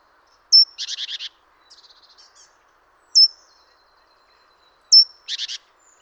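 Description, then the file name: Great tit: high metallic note then a scolding buzzy rattle, a softer chattering series, a lone ping, and another note-and-rattle phrase. "Parus major"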